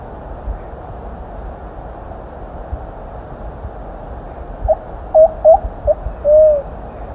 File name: canto da pomba amorgosa